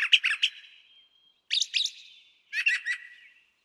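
Brown Thrasher singing three rapid phrases of raspy, clustered notes, each burst followed by a short gap about every second.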